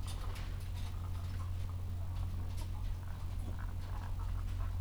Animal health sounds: poultry house recording; sick chickens (respiratory disease)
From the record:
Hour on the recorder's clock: 13

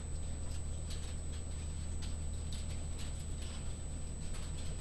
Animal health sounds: poultry house recording; no chicken sound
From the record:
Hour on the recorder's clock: 19

